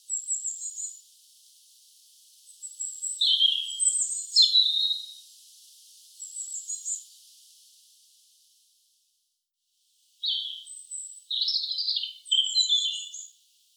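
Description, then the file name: European robin giving high, thin, varied phrases with piercing notes and short trills, a long pause, then a final burst of rapid warbling. "Erithacus rubecula"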